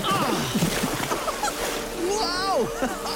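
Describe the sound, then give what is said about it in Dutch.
Water splashes and sloshes continuously as boys jump into the water, several voices letting out excited shouts and gleeful cries over the churning noise. “De jongens sprongen erin.”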